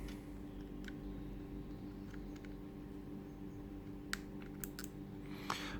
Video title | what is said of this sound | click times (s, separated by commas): £150 4K Selfie Drone! - Wingsland S6 In-Depth Review 2018 | that was a nice click and the micro-st is in there | 4.1 s